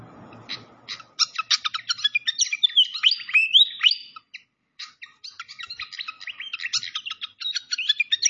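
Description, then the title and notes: Malaysian pied fantail song: rapid squeaky chattering with a few slurred whistles, one brief silence midway, then quick chips again. Masteran (bird-training recording) of clear-voiced song, mixed with the sound of flowing water. "Masteran Sikatan Kipas Suara Jernih Dan Suara Gemericik Air. Suara Burung Sikatan Londo"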